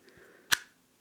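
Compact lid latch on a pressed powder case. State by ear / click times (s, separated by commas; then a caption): released / 0.5 s. The snap lid latch of a pressed powder compact is opened, revealing the mirror and brush inside. A faint tick is heard near 0.1 s, then a sharp, bright click at 0.5 s as the lid releases and pops open, followed by quiet.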